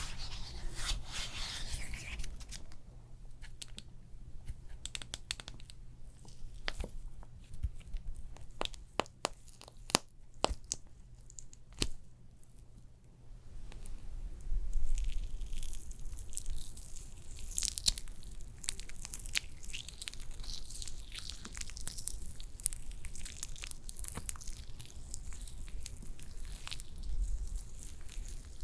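A realistic first-person facial spa treatment with layered sounds. The first half brings sharp, scattered clicks and taps over a low steady hum; after about fourteen seconds it shifts to a denser, softer rustling and rubbing texture that continues to the end.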